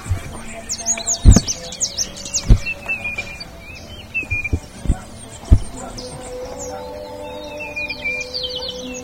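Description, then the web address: Bird chirping, high and twittering, at the start and end, with several sharp low knocks in between. "BIRD 2015 SABIOD 50 bird 2015"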